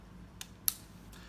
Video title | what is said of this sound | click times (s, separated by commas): Uwell Valyrian v2 kit | When you close it, as you see, you also get a nice, satisfying click | 0.7 s